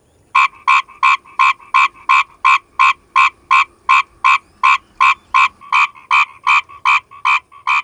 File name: Rana limmocharis